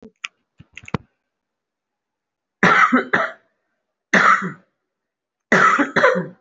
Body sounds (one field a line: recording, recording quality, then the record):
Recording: shallow voluntary cough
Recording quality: excellent, no background noise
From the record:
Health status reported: recovered from COVID-19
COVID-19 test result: positive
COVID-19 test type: RT-PCR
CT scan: taken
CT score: 0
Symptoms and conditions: cough, asthma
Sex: male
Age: 18 years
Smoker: no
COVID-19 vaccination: none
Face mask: worn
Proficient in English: yes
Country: India